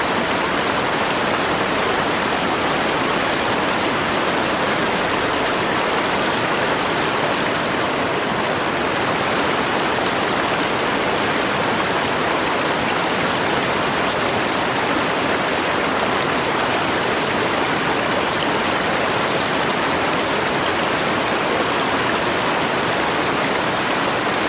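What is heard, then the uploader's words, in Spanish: A mountain stream rushes over rocks in a steady, dense wash of water sound, constant for the whole clip. The rush is full and fairly bright, with no pauses. Faint high chirps, likely small birds, recur every few seconds in the background. Arroyo Montañoso Nevado. Anidado en los Alpes franceses cerca de la frontera con Suiza, se encuentra un tranquilo arroyo alpino, que fluye a través de un silencioso bosque de coníferas. Los sonidos calmantes del agua corriendo sobre las rocas se mezclan con el suave canto de los pájaros en los árboles.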